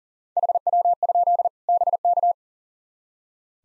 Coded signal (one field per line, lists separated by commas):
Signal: Morse code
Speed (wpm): 40 wpm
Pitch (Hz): 700 Hz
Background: none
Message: HW? BK